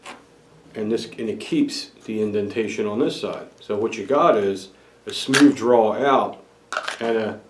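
A pistol is handled at a kydex-style holster that has one side built up with wood to keep the retention indentation, meant for a smooth draw out. Someone talks throughout. The pistol has not yet clicked into the holster retention; nothing has seated.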